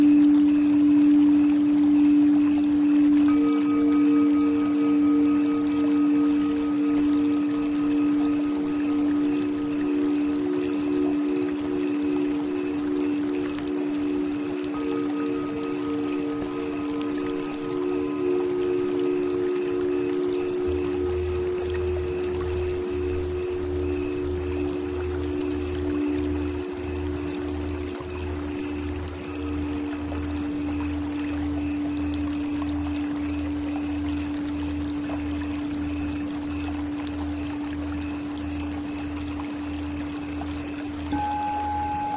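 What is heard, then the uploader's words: Singing bowls ring in a steady, unbroken drone, with a strong mid-low tone held for the whole clip. Higher overtones join after a few seconds and fade in and out. From about twenty seconds, a deep, slowly pulsing tone sits underneath. CHAKRA Singing Bowls.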